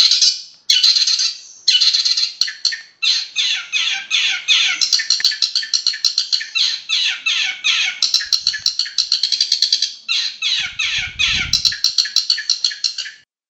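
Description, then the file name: Long-tailed shrike singing a long, dense medley of fast chattering and scratchy trilled notes, with only brief pauses, and a brief low rumble near the end. Master song for training songbirds. "cendet master. omkicau"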